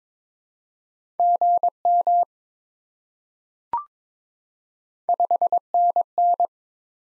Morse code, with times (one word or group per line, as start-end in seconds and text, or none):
1.2-2.2 GM
5.1-6.5 5NN